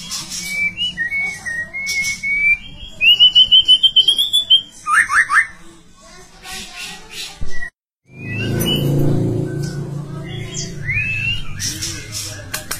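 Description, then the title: White-rumped shama song: clear whistled phrases around mid pitch, then a fast run of repeated rising notes and quick downslurs, followed by a low rumbling noise and scattered clicks. "murai batu"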